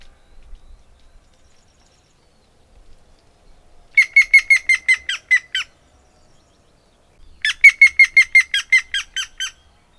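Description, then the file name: Grey-headed woodpecker calling in two bursts, each a rapid run of about eight to ten harsh, evenly spaced notes, separated by a few seconds of near silence. "Hamvas küllő - Picus canus"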